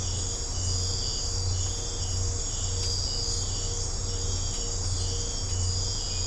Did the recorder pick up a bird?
no